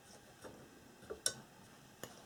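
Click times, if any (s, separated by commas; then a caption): 1.3 s. During a Bang & Olufsen Beogram 3000 turntable repair, an internal part of the mechanism that was not quite all the way in is pushed home slowly. It snaps into place with a sharp click at 1.3 s, with softer ticks just before at 1.1 s and after at 2.0 s, and the part is seated.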